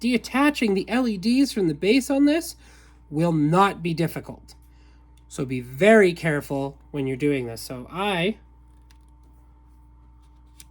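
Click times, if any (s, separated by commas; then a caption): 10.6 s. Someone talks for most of the first eight seconds while fitting the plastic blade into a Star Wars The Black Series Rey Skywalker replica lightsaber hilt, followed by a quiet pause. A single sharp click at 10.6 s marks the blade lodging in place, but it is only partly seated and still has to be pushed further and turned to lock fully.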